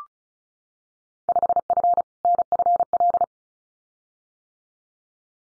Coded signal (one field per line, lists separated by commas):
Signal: Morse code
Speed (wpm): 36 wpm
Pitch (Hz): 700 Hz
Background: none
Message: 5F NFL